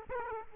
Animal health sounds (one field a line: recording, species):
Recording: mosquito wingbeat signal from an infrared sensor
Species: Aedes aegypti